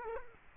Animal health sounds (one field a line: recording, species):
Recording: mosquito wingbeat signal from an infrared sensor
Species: Culex quinquefasciatus